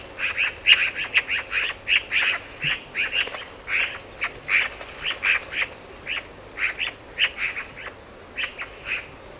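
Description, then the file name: Eurasian magpie chattering in harsh, rasping bursts, repeated rapidly and steadily through the whole stretch with short gaps between notes. "Pica pica"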